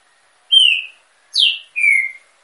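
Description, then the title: Green-winged saltator song of three whistled notes: a steady whistle, a sharply downslurred note, and a long, slowly descending final whistle. Female, caged in an aviary, warming up her song. "fêmea de Trinca-ferro esquentando no viveiro"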